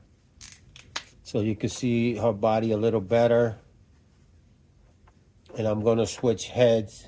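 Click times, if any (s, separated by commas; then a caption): 1.0 s. The plastic head of a Mythic Legions Thraice Wraithhaler action figure is popped off its ball-joint neck peg, with a sharp pop at 1.0 s. Someone talks before and after, and the head comes free of the neck.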